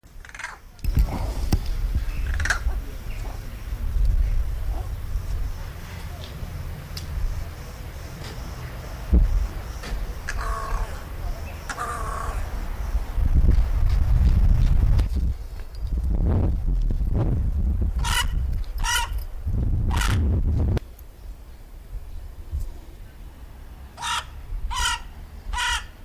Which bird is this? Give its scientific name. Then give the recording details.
Corvus cornix. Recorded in the wild. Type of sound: call. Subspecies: cornix. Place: Knossos, Insel Kreta, GR. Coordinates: 35.2989, 25.1608. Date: 1996-10-04 13:35. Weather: 22°C, sunny. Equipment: Sony MD-WM MZ-R3, Sennheiser MKH 416 T, Kopie Uher 4000 Report Monitor. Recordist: Tembrock, Günter. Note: C.c.cornix (Nebelkrähe): Rufe